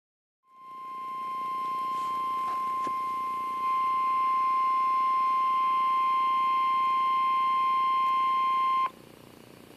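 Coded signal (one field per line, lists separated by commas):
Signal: Emergency Alert System (SAME) tones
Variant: 1050 Hz attention tone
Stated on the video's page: Real tornado warning recorded with a Samsung Galaxy S III phone.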